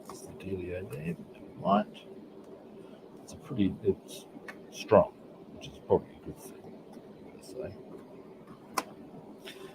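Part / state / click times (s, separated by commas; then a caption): lid of a small case closing onto its base / seated / 8.8 s. Someone talks at a scale-modelling bench, then closes the lid of a small case, possibly plastic, onto its base. The lid snaps shut with a sharp, short click at 8.8 s, and the case is closed.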